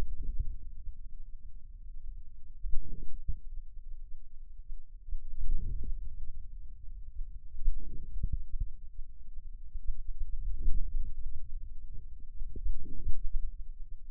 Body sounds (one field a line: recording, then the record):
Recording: forearm muscle sounds (acoustic myography)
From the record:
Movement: hand closing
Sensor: system 2, bracelet of six BSWA MPA416 microphones around the upper forearm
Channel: 5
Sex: male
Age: 22 years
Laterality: right